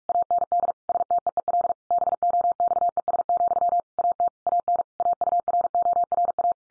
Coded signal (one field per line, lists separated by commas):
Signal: Morse code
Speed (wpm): 44 wpm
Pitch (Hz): 700 Hz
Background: none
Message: AND STEEL BOXES, AT AN AURORA